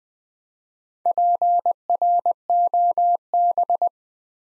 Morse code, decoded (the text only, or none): PROB